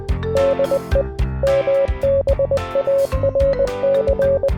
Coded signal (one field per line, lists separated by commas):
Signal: Morse code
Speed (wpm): 20 wpm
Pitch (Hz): 550 Hz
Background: music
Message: DE MBARC